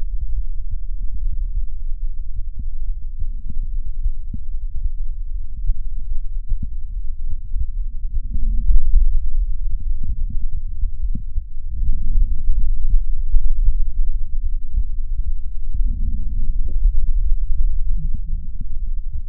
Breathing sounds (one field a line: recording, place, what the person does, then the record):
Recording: lung sounds by stethoscope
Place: right anterior apical chest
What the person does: quiet breathing, then deep breathing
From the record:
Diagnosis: interstitial lung disease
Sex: female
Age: 61 years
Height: 155 cm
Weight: 75.5 kg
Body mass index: 31.4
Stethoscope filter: bell mode